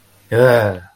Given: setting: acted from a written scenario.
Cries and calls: vocal sound without words; disgust

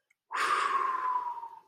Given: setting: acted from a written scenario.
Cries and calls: vocal sound without words; serenity

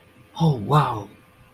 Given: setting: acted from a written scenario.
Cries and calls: vocal sound without words; awe

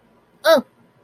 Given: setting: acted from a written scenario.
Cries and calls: vocal sound without words; embarrassment

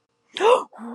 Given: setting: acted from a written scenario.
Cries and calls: vocal sound without words; negative surprise

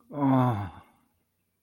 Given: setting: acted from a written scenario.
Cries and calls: vocal sound without words; desire

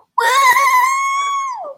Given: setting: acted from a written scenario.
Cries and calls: vocal sound without words; elation

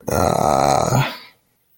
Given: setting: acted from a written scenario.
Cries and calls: vocal sound without words; guilt

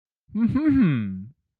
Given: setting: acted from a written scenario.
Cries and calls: vocal sound without words; realization

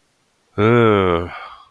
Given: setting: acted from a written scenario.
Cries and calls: vocal sound without words; relief

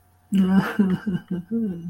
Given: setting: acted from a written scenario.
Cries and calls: vocal sound without words; sadness

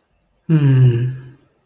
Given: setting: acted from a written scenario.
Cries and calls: vocal sound without words; serenity

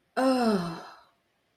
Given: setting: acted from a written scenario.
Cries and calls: vocal sound without words; relief

